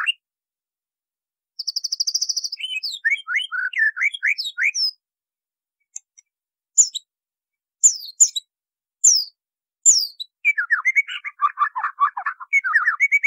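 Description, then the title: White-rumped Shama song: a brief note, a high buzzy rattle, a run of descending whistled slurs, sharp high chips about a second apart, then a fast rich warbling phrase. Masteran training song. "MASTERAN MURAI BATU LABAIK"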